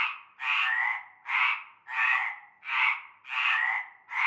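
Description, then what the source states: Frog chorus of harsh, buzzy croaks repeated almost continuously. Frog chorus at nightfall in a large concrete basin with stagnant greenish water, Avenue Cante Coucou, Groupède, La Ciotat, Bouches-du-Rhône, France.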